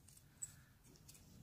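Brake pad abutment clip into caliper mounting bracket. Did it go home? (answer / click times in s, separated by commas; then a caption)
no / none. A new stainless steel brake pad abutment clip is handled at the caliper mounting bracket of a 2014 Toyota Yaris LE during a brake and rotor change. A single sharp metallic tick sounds at 0.4 s over low background rumble and faint handling noise. Nothing has seated or clicked into place yet.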